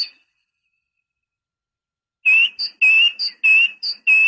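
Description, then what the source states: Great tit song, a brisk see-saw of high and lower whistled notes repeated several times in a steady, ringing rhythm. Training recording (masteran) for songbirds.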